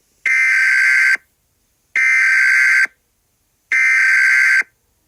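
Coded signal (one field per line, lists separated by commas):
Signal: Emergency Alert System (SAME) tones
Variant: header bursts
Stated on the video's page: Fictional mini EAS scenario, not a real alert.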